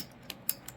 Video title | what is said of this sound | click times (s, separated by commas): Custom PC Build For My Little Cousin | can be pretty tricky there we go we'll hear it pop like that | 0.5 s